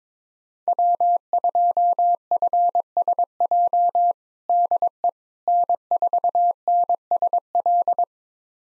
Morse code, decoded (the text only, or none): W2FSJ DE N4NSL